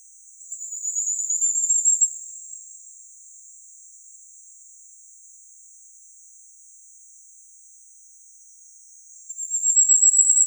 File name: Korolek krasnogolovyj